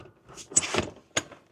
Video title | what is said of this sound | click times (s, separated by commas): How Well Do Child Seats Fit in the 2026 Polestar 3 | all the way back till it clicks. There we are. | 0.6 s, 1.2 s